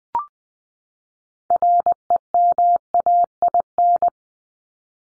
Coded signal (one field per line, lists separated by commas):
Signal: Morse code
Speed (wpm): 20 wpm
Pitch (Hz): 700 Hz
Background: none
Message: REMAIN